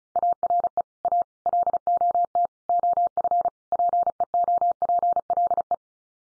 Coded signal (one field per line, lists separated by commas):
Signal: Morse code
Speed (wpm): 34 wpm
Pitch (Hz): 700 Hz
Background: none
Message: ARE A LOT OF PEOPLE